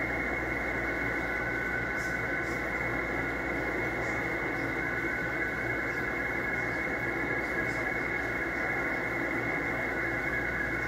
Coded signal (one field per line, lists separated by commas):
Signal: SSTV (slow-scan television)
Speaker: a little bit of slow scan television this morning KQ for Z H so